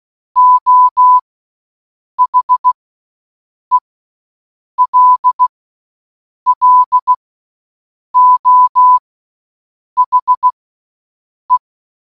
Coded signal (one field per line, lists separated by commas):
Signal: Morse code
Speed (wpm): 16 wpm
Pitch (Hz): 1000 Hz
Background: none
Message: O HELLO HE